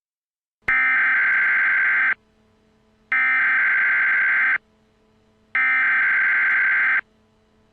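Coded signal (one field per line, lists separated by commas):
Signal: Emergency Alert System (SAME) tones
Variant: header bursts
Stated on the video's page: Fictional EAS scenario, a fan-made mock.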